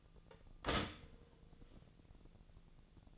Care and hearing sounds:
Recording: daily activity, microphone in the room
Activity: stop toaster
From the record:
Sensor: 4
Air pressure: 1001.0 hPa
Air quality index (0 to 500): 152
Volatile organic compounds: 2 ppm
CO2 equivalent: 1114 ppm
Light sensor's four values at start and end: 18/43/18/20 and 18/43/18/19

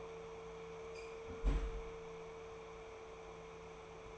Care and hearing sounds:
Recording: daily activity, microphone in the room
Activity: close fridge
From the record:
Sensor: 1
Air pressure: 1015.0 hPa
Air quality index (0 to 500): 193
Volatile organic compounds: 22 ppm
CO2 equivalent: 2738 ppm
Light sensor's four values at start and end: 31/77/33/40 and 31/77/33/40

